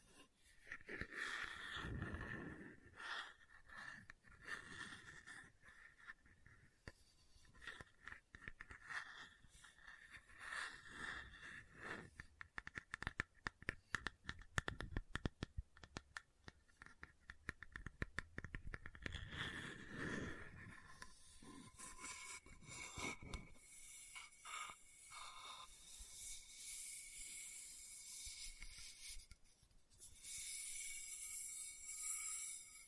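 Rasping scratches on a bottle and lid, with dense bursts of quick taps around the middle and brighter scraping near the end.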